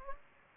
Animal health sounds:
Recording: mosquito wingbeat signal from an infrared sensor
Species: Culex pipiens

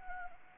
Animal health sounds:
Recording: mosquito wingbeat signal from an infrared sensor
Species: Anopheles arabiensis

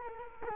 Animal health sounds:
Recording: mosquito wingbeat signal from an infrared sensor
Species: Culex quinquefasciatus

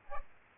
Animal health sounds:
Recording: mosquito wingbeat signal from an infrared sensor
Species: Aedes aegypti

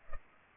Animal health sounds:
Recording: mosquito wingbeat signal from an infrared sensor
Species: Culex pipiens

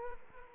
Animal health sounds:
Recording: mosquito wingbeat signal from an infrared sensor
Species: Aedes aegypti

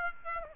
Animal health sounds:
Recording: mosquito wingbeat signal from an infrared sensor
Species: Aedes aegypti

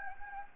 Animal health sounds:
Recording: mosquito wingbeat signal from an infrared sensor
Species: Anopheles gambiae

